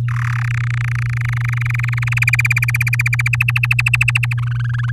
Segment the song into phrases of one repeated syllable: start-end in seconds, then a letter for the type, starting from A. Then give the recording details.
0.08-0.46 A, 0.47-2.24 B, 2.27-3.28 C, 3.33-4.33 D, 4.38-4.91 E. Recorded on 9 May 2018 at 15:06. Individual llb16